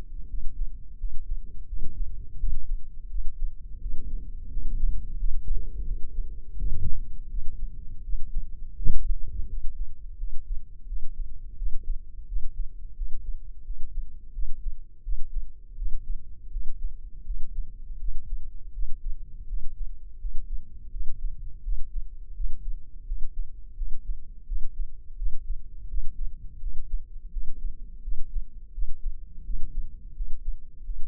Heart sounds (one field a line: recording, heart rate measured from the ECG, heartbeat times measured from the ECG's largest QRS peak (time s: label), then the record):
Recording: heart sounds by microphone in the left ear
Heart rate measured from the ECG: 84 bpm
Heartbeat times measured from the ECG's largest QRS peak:
0.28 s: heartbeat
0.98 s: heartbeat
1.67 s: heartbeat
2.38 s: heartbeat
3.09 s: heartbeat
3.80 s: heartbeat
4.49 s: heartbeat
5.17 s: heartbeat
5.85 s: heartbeat
6.56 s: heartbeat
7.28 s: heartbeat
8.03 s: heartbeat
8.76 s: heartbeat
9.47 s: heartbeat
10.17 s: heartbeat
10.86 s: heartbeat
11.56 s: heartbeat
12.26 s: heartbeat
12.95 s: heartbeat
13.64 s: heartbeat
14.32 s: heartbeat
15.02 s: heartbeat
15.76 s: heartbeat
16.50 s: heartbeat
17.24 s: heartbeat
17.98 s: heartbeat
18.72 s: heartbeat
19.47 s: heartbeat
20.19 s: heartbeat
20.90 s: heartbeat
21.62 s: heartbeat
22.34 s: heartbeat
23.06 s: heartbeat
23.75 s: heartbeat
24.46 s: heartbeat
25.16 s: heartbeat
25.88 s: heartbeat
26.60 s: heartbeat
27.31 s: heartbeat
28.02 s: heartbeat
28.72 s: heartbeat
29.44 s: heartbeat
30.14 s: heartbeat
30.84 s: heartbeat
From the record:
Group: healthy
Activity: rest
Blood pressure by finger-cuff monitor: 158/85 mmHg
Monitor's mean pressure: 102 mmHg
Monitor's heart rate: 84 bpm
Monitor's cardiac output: 8.3 L/min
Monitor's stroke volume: 98 mL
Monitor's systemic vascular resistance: 920 dyn s/cm5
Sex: male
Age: 57 years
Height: 188 cm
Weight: 106 kg